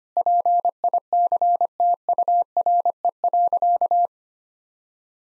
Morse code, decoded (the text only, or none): PICTURE.